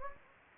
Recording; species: mosquito wingbeat signal from an infrared sensor; Anopheles gambiae